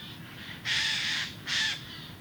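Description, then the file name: Eurasian jay with two hoarse, grating screeches, the first longer, the second short, over steady low rumble. "Garrulus glandarius"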